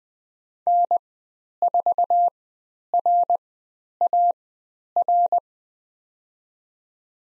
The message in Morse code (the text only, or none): N4RAR